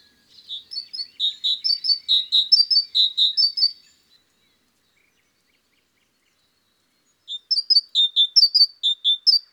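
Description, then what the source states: Great tit song, bursts of high, sharp two-part notes repeated quickly for about four seconds, a three-second silence, then a second shorter burst. Garden bird.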